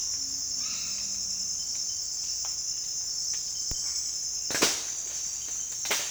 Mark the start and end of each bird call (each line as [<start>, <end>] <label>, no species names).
[0.50, 1.07] bird call
[1.55, 2.79] bird call